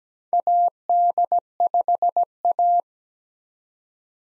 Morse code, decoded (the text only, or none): AD5A